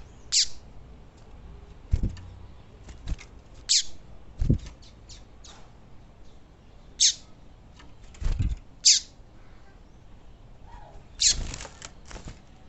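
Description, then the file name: Yellow-bellied seedeater giving sharp, high, downslurred chip notes, spaced irregularly every few seconds, with soft low knocks in between. Female bird singing. "canto do papa capim femea"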